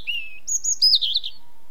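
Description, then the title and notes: European robin song in one short phrase: a thin high note, then higher notes and rapid twittering falling in pitch. Recorded in Devon on 7 May 1981. "[unknown sound recordist. BBC] - Robin – (Erithacus Rubecula) with Distant Sheep (Devon 7.5.81)"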